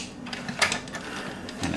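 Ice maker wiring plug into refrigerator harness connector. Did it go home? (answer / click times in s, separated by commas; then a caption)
no / none. The wiring plug of a replacement ice maker is pushed straight into the mating harness connector inside a Maytag side-by-side refrigerator and shoved all the way back. Brief knocks and scraping rustles are heard around 0.3, 0.5, 1.0, 1.5 and 1.6 seconds. The connector has not clicked or seated.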